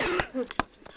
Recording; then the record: coughing mixed with background sound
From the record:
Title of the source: 34 coughing up crap again